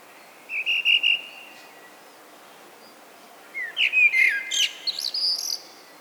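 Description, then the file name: Common blackbird song: a short fluty whistled phrase, a pause of over two seconds, then a richer warbled phrase ending in high squeaky twitters. "Turdus merula"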